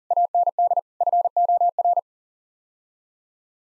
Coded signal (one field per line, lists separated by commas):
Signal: Morse code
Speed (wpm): 40 wpm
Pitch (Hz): 700 Hz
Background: none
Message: AND FOR